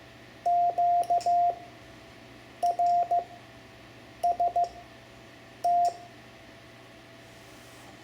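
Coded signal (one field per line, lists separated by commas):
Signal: Morse code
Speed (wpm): 15 wpm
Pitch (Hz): 700 Hz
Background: none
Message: QRST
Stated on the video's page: Morse code lesson teaching letters Q through T for learning CW.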